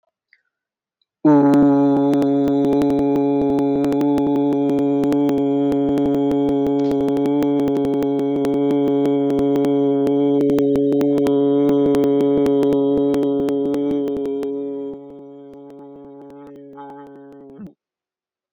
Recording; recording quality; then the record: sustained vowel as in boot; moderate, slight background noise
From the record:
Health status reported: healthy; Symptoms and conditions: cough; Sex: male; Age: 27 years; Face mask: not worn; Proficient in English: yes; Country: India